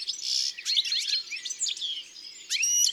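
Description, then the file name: European goldfinch song, a rapid tumbling stream of bright tinkling twitters and buzzy notes, with a brief pause before a final burst of chirps. "Chardonneret elegant ABC des chants doiseaux"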